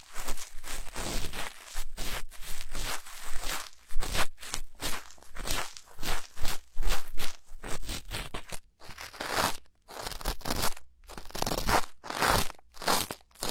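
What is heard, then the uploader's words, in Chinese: Ear cleaning, heard as a steady run of short, crackly rustles and crunchy scrapes, each lasting under a second with brief gaps between. The strokes are bright and dry, coming roughly once or twice a second, with a few sharper, louder scratches near the end. 掏耳朵2.0。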